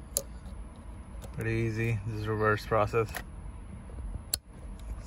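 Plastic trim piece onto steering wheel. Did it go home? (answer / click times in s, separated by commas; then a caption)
yes / 4.3 s. A plastic trim piece is pressed back onto the new leather steering wheel of a Honda CR-V during reinstallation while someone talks. After a brief sharp tick near the start, it gives a sharp snap at 4.3 s as the trim piece seats on the wheel.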